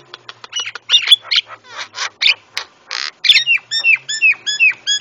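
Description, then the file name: Javan myna song: harsh rasping bursts and squawks, then a regular series of bright downslurred whistles. White-eyed myna (jalak kebo mata putih), used to train cage birds. "masteran jalak kebo mata putih"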